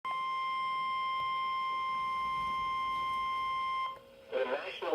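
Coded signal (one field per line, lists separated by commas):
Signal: Emergency Alert System (SAME) tones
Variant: 1050 Hz attention tone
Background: speech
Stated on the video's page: Severe thunderstorm warning for Dallas county, received from NOAA Weather Radio station KEC56.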